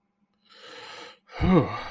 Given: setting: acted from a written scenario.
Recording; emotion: vocal sound without words; relief